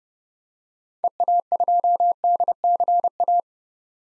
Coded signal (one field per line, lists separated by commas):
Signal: Morse code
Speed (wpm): 30 wpm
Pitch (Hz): 700 Hz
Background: none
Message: EA2DCA